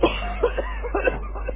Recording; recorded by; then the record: voluntary cough; telephone call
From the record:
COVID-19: positive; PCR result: checked with the laboratory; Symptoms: yes